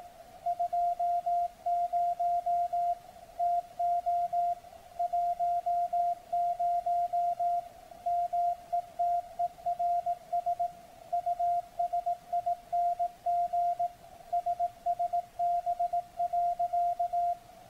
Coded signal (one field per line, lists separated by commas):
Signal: Morse code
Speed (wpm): 18 wpm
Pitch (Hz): 700 Hz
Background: none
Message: 20 TO 10 METERS USING SSB.